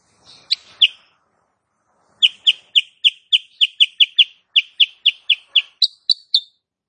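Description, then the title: Sooty-headed bulbul: two quick chirps, a brief silence, then many crisp high notes fired in fast succession, the last few pitched a little higher. Female cage bird in full active song with tight rapid-fire notes, used as a master recording for training other cage birds. "Masteran Kutilang Sutra. Kutilang SUTRA BETINA GACOR nembak RAPAT"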